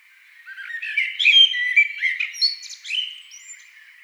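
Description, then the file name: Eurasian blackbird singing a continuous run of mellow fluted whistles mixed with brief high squeaky twitters, the phrase swelling in the middle and trailing off softly. "amsel"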